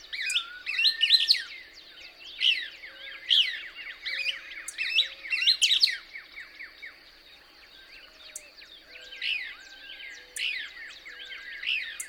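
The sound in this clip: Couch's Kingbird song, dense twittering phrases of sweeping high notes for six seconds, a quieter pause, then more scattered twitters toward the end.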